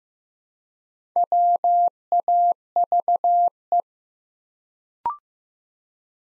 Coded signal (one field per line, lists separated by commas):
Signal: Morse code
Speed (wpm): 15 wpm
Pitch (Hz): 700 Hz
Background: none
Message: WAVE